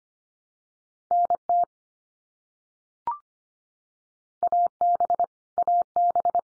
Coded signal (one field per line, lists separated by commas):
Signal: Morse code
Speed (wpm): 25 wpm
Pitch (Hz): 700 Hz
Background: none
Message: NT AB AB